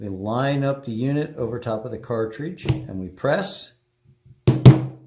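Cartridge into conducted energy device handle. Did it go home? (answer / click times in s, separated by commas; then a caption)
yes / 4.5 s, 4.7 s. Someone talks while a TASER Bolt 2 handheld unit, switched off, is lined up over a cartridge lying face down on a hard surface and pressed down onto it. Two sharp clicks at 4.5 s and 4.7 s follow a brief quiet gap. The cartridge is fully seated in the handle.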